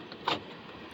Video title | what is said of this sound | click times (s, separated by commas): Weekend Win: Fixing My Toyota 4Runner's Pesky Door Lock Actuator. | Click clack and fixed. | 0.1 s, 0.3 s